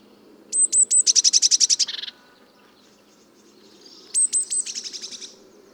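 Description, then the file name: Eurasian blue tit song: two phrases, each starting with three to four very high thin notes followed by a fast buzzy trill, the first trill dropping in pitch at its end, separated by a pause. "Cyanistes caeruleus"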